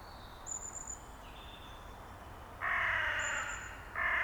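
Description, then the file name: Carrion crow giving two harsh, drawn-out caws in the second half, with faint thin high whistles. "Corvus corone"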